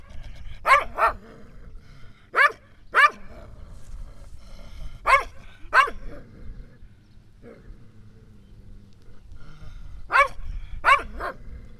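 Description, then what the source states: Dog barks in pairs, a couple of sharp double barks every few seconds over a low steady background hum. Village dogs in a hamlet in Laâssilat, Morocco, tied up, barking and growling in front of a house; recorded by Kais, Ayman and Mohamed.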